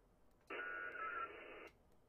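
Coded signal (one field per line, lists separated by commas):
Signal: HF data modem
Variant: ARDOP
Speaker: an s7 to me I don't need to send I want to receive I want all my emails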